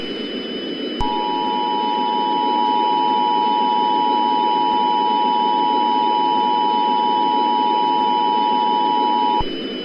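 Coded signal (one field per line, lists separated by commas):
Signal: Emergency Alert System (SAME) tones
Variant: 853 and 960 Hz attention tone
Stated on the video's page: Fictional scenario alert, simulated.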